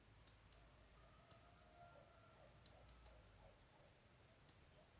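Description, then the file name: European robin calling with crisp, high ticks, seven in all, some in quick doubles and triples, then a lone final tick after a pause. "Erithacus rubecula"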